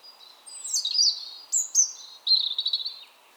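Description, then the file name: European robin song: a high, sweet warbled phrase, then two short bright notes and a fast trilling run. "Erithacus rubecula"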